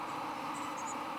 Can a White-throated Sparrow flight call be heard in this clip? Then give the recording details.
no. No flight call is heard. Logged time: 10:42 on 23 September 2014